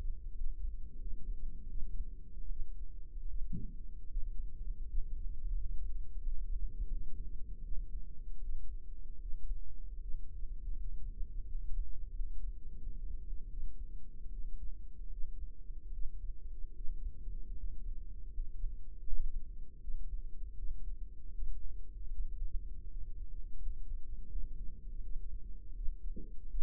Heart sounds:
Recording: heart sounds by microphone in the right ear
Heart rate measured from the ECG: 80 bpm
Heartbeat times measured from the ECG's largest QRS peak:
0.31 s: heartbeat
0.96 s: heartbeat
1.65 s: heartbeat
2.46 s: heartbeat
3.25 s: heartbeat
4.06 s: heartbeat
4.85 s: heartbeat
5.53 s: heartbeat
6.19 s: heartbeat
6.86 s: heartbeat
7.60 s: heartbeat
8.39 s: heartbeat
9.17 s: heartbeat
9.97 s: heartbeat
10.75 s: heartbeat
11.44 s: heartbeat
12.11 s: heartbeat
12.77 s: heartbeat
13.47 s: heartbeat
14.28 s: heartbeat
15.08 s: heartbeat
15.89 s: heartbeat
16.72 s: heartbeat
17.54 s: heartbeat
18.29 s: heartbeat
19.01 s: heartbeat
19.78 s: heartbeat
20.53 s: heartbeat
21.30 s: heartbeat
22.08 s: heartbeat
22.85 s: heartbeat
23.58 s: heartbeat
24.26 s: heartbeat
24.99 s: heartbeat
25.71 s: heartbeat
26.45 s: heartbeat
From the record:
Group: healthy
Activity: rest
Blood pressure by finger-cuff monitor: 98/52 mmHg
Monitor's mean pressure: 67 mmHg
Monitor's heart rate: 78 bpm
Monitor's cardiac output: 7 L/min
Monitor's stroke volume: 89 mL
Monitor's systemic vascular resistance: 670 dyn s/cm5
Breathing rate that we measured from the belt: 10 breaths a minute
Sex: female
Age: 26 years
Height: 165 cm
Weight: 55 kg

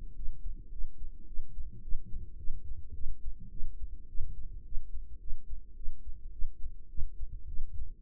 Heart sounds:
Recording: heart sounds by microphone in the right ear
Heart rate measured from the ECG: 106 bpm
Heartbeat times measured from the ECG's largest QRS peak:
0.14 s: heartbeat
0.70 s: heartbeat
1.26 s: heartbeat
1.82 s: heartbeat
2.37 s: heartbeat
2.93 s: heartbeat
3.50 s: heartbeat
4.07 s: heartbeat
4.64 s: heartbeat
5.19 s: heartbeat
5.75 s: heartbeat
6.31 s: heartbeat
6.88 s: heartbeat
7.47 s: heartbeat
From the record:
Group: healthy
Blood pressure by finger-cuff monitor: 113/71 mmHg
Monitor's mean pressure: 85 mmHg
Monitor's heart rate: 107 bpm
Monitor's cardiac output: 8.3 L/min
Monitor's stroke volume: 78 mL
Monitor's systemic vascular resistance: 740 dyn s/cm5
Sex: female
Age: 22 years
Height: 157 cm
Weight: 47.6 kg

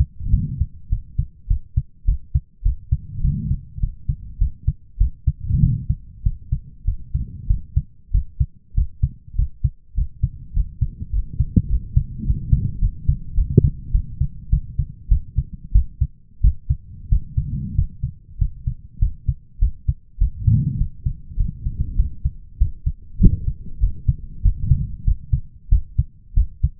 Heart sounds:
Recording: heart sounds by stethoscope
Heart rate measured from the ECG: 99 bpm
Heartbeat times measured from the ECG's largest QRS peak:
0.30 s: heartbeat
0.89 s: heartbeat
1.48 s: heartbeat
2.05 s: heartbeat
2.63 s: heartbeat
3.21 s: heartbeat
3.80 s: heartbeat
4.38 s: heartbeat
4.98 s: heartbeat
5.60 s: heartbeat
6.23 s: heartbeat
6.85 s: heartbeat
7.47 s: heartbeat
8.11 s: heartbeat
8.74 s: heartbeat
9.36 s: heartbeat
9.95 s: heartbeat
10.53 s: heartbeat
11.12 s: heartbeat
11.68 s: heartbeat
12.24 s: heartbeat
12.80 s: heartbeat
13.35 s: heartbeat
13.92 s: heartbeat
14.50 s: heartbeat
15.09 s: heartbeat
15.72 s: heartbeat
16.41 s: heartbeat
17.09 s: heartbeat
17.75 s: heartbeat
18.38 s: heartbeat
18.99 s: heartbeat
19.59 s: heartbeat
20.18 s: heartbeat
20.78 s: heartbeat
21.37 s: heartbeat
21.96 s: heartbeat
22.58 s: heartbeat
23.19 s: heartbeat
23.80 s: heartbeat
24.42 s: heartbeat
25.04 s: heartbeat
25.69 s: heartbeat
26.34 s: heartbeat
From the record:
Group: healthy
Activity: rest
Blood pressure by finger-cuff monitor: 148/104 mmHg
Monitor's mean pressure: 117 mmHg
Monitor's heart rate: 100 bpm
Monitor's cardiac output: 7.8 L/min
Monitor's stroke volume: 78 mL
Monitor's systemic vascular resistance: 1110 dyn s/cm5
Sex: male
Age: 23 years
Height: 179 cm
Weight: 87 kg

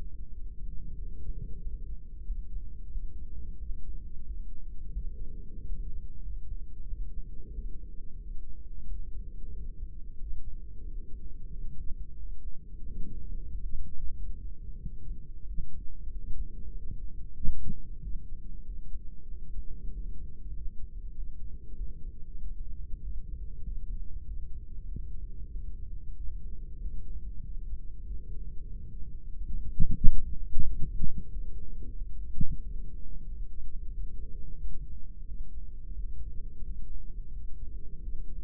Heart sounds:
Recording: heart sounds by microphone in the right ear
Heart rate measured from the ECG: 92 bpm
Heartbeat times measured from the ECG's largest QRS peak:
0.33 s: heartbeat
0.98 s: heartbeat
1.62 s: heartbeat
2.25 s: heartbeat
2.91 s: heartbeat
3.57 s: heartbeat
4.25 s: heartbeat
4.92 s: heartbeat
5.58 s: heartbeat
6.22 s: heartbeat
6.87 s: heartbeat
7.53 s: heartbeat
8.20 s: heartbeat
8.86 s: heartbeat
9.53 s: heartbeat
10.17 s: heartbeat
10.83 s: heartbeat
11.49 s: heartbeat
12.16 s: heartbeat
12.84 s: heartbeat
13.50 s: heartbeat
14.14 s: heartbeat
14.79 s: heartbeat
15.44 s: heartbeat
16.09 s: heartbeat
16.74 s: heartbeat
17.37 s: heartbeat
18.01 s: heartbeat
18.64 s: heartbeat
19.27 s: heartbeat
19.90 s: heartbeat
20.52 s: heartbeat
21.14 s: heartbeat
21.76 s: heartbeat
22.38 s: heartbeat
23.01 s: heartbeat
23.62 s: heartbeat
24.24 s: heartbeat
24.86 s: heartbeat
25.50 s: heartbeat
26.14 s: heartbeat
26.79 s: heartbeat
27.42 s: heartbeat
28.05 s: heartbeat
28.69 s: heartbeat
29.35 s: heartbeat
29.99 s: heartbeat
30.64 s: heartbeat
31.29 s: heartbeat
31.95 s: heartbeat
32.61 s: heartbeat
33.27 s: heartbeat
33.92 s: heartbeat
34.58 s: heartbeat
35.25 s: heartbeat
35.95 s: heartbeat
36.63 s: heartbeat
37.31 s: heartbeat
38.00 s: heartbeat
From the record:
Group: heart failure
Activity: light exercise 0-4 s, rest 4-38 s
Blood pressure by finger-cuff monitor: 114/78 mmHg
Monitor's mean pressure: 90 mmHg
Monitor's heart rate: 92 bpm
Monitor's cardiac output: 4.2 L/min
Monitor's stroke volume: 45 mL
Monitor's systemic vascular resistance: 1620 dyn s/cm5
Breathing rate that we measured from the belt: 17 breaths a minute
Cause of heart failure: ischemic heart disease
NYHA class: 2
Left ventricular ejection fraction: 34%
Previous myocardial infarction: present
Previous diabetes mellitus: present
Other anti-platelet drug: present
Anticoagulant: apixaban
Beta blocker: bisoprolol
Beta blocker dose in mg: 10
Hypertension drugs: sacubitril-valsartan, spironolactone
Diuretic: furosemide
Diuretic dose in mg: 40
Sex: male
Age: 57 years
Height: 149 cm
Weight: 44.5 kg

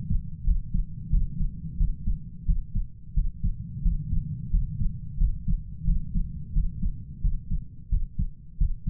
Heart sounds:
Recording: heart sounds by stethoscope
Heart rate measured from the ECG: 88 bpm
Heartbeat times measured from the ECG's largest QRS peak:
0.44 s: heartbeat
1.10 s: heartbeat
1.77 s: heartbeat
2.46 s: heartbeat
3.14 s: heartbeat
3.82 s: heartbeat
4.50 s: heartbeat
5.18 s: heartbeat
5.85 s: heartbeat
6.53 s: heartbeat
7.21 s: heartbeat
7.89 s: heartbeat
8.58 s: heartbeat
From the record:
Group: healthy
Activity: rest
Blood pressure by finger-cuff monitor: 119/78 mmHg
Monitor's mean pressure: 91 mmHg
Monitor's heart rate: 88 bpm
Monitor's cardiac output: 7.5 L/min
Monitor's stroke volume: 84 mL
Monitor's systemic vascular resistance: 900 dyn s/cm5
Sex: male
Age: 33 years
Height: 179 cm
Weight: 80.4 kg

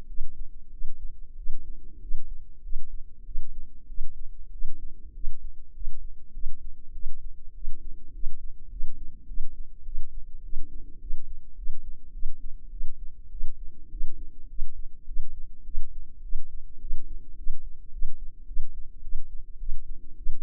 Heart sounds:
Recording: heart sounds by microphone in the left ear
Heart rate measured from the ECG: 102 bpm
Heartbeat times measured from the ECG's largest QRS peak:
0.07 s: heartbeat
0.71 s: heartbeat
1.36 s: heartbeat
2.00 s: heartbeat
2.62 s: heartbeat
3.24 s: heartbeat
3.87 s: heartbeat
4.51 s: heartbeat
5.13 s: heartbeat
5.73 s: heartbeat
6.33 s: heartbeat
6.93 s: heartbeat
7.54 s: heartbeat
8.12 s: heartbeat
8.70 s: heartbeat
9.27 s: heartbeat
9.84 s: heartbeat
10.42 s: heartbeat
10.99 s: heartbeat
11.56 s: heartbeat
12.12 s: heartbeat
12.70 s: heartbeat
13.30 s: heartbeat
13.90 s: heartbeat
14.48 s: heartbeat
15.06 s: heartbeat
15.64 s: heartbeat
16.22 s: heartbeat
16.80 s: heartbeat
17.36 s: heartbeat
17.91 s: heartbeat
18.46 s: heartbeat
19.02 s: heartbeat
19.59 s: heartbeat
20.16 s: heartbeat
From the record:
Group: healthy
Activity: rest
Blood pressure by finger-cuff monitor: 109/62 mmHg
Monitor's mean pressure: 81 mmHg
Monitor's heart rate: 103 bpm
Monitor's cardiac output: 9.2 L/min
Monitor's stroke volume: 92 mL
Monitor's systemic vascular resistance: 640 dyn s/cm5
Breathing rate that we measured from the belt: 19 breaths a minute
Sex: female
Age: 24 years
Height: 163 cm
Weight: 55.7 kg

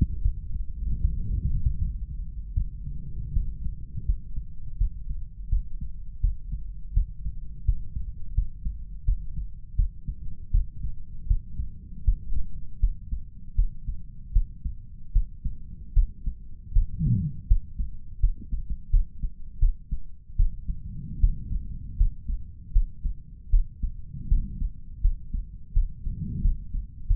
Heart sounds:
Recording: heart sounds by stethoscope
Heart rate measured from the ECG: 80 bpm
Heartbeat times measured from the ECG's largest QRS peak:
0.21 s: heartbeat
1.00 s: heartbeat
1.77 s: heartbeat
2.53 s: heartbeat
3.32 s: heartbeat
4.05 s: heartbeat
4.77 s: heartbeat
5.49 s: heartbeat
6.20 s: heartbeat
6.93 s: heartbeat
7.64 s: heartbeat
8.34 s: heartbeat
9.04 s: heartbeat
9.75 s: heartbeat
10.51 s: heartbeat
11.27 s: heartbeat
12.04 s: heartbeat
12.79 s: heartbeat
13.55 s: heartbeat
14.32 s: heartbeat
15.12 s: heartbeat
15.93 s: heartbeat
16.73 s: heartbeat
17.47 s: heartbeat
18.20 s: heartbeat
18.90 s: heartbeat
19.59 s: heartbeat
20.36 s: heartbeat
21.20 s: heartbeat
21.97 s: heartbeat
22.72 s: heartbeat
23.50 s: heartbeat
24.28 s: heartbeat
25.01 s: heartbeat
25.73 s: heartbeat
26.41 s: heartbeat
27.07 s: heartbeat
From the record:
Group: healthy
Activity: rest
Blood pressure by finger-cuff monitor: 119/72 mmHg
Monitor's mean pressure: 88 mmHg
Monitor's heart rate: 79 bpm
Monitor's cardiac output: 6.4 L/min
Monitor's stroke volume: 81 mL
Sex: male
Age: 35 years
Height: 178 cm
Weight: 64 kg

